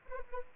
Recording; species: mosquito wingbeat signal from an infrared sensor; Anopheles arabiensis